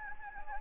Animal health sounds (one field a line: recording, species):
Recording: mosquito wingbeat signal from an infrared sensor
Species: Anopheles gambiae